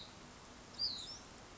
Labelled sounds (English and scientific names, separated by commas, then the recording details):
Hutton's Vireo (Vireo huttoni)
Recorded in Sonoma County, California